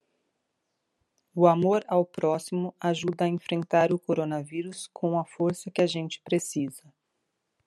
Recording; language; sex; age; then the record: spoken sentence; Brazilian Portuguese; female; 50 to 59 years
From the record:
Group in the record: control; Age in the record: 54 years